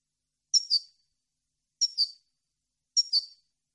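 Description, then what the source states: European goldfinch calls: three short double-noted chirps, high and bright, spaced about a second apart against silence. Clean goldfinch song on a CD, for birds to copy.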